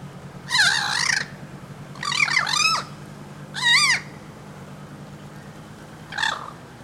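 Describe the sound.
Bird uttering loud, rasping calls with wavering pitch, four harsh calls at irregular intervals, over a steady low hum.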